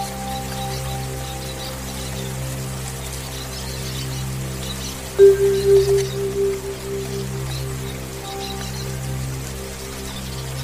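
Soft, steady rain patters over a low sustained musical drone, with a brief cluster of gentle chime-like notes rising just past the midpoint.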